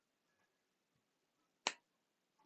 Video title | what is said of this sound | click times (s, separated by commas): McFarlane Toys DC Designer Edition Batman Year Two Needless Unboxing | pops right into place uh seems okay with me there's no ratcheting there | 1.7 s